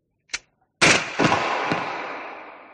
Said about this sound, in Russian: Выстрел оказался удачным.